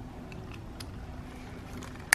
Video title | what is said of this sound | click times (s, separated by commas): 2017+ Nissan Rogue Sport - How to Replace the Key Fob Battery | and then just snap it all | 2.1 s